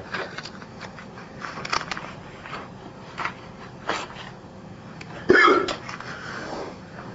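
About four brief, abrupt gulping bursts at irregular intervals over seven seconds, the loudest with a short voiced 'hic'. These are hiccups: sudden diaphragm spasms snapped off by glottal closure. A steady low hum, like a vehicle interior, runs underneath.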